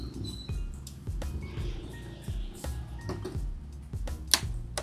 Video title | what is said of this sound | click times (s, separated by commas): Baklas Fairings at Footpeg / Footrest kay Honda Giorno 125 | Nag-lock na rin. | 4.3 s